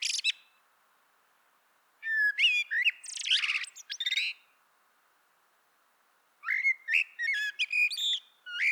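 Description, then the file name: Common blackbird song: three phrases of mellow fluted whistles mixed with high, squeaky twitters, separated by pauses of a few seconds. "Turdus merula"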